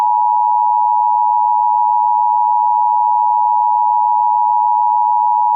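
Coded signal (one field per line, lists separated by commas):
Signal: Emergency Alert System (SAME) tones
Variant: 853 and 960 Hz attention tone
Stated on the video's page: Mock EAS scenario, fictional alert containing valid SAME tones.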